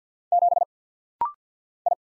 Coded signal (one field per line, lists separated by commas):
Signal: Morse code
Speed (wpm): 50 wpm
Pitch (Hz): 700 Hz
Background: none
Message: 7 I